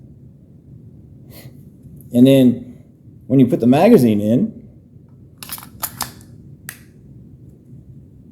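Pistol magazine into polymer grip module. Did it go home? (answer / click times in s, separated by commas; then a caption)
yes / 6.7 s. Someone talks, then a pistol magazine is pushed into a Polymer80 P250/P320 aftermarket polymer grip module for SIG, making short sliding and tapping sounds from about 5.4 s. A sharp click at 6.7 s marks the magazine seating flush in the grip.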